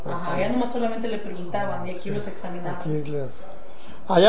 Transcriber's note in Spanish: none